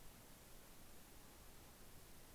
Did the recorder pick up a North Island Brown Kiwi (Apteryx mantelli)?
no